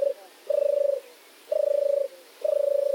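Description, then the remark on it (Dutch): A European turtle dove purrs in a steady series of low, rolling phrases, four soft trilled 'turrr' notes separated by short pauses, with no other voices. “Ik denk de zomertortel. Die is zo zeldzaam, die hoor ik eigenlijk nauwelijks meer.”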